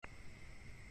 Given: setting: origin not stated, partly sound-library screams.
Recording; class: one-second piece from a danger detection set; normal situation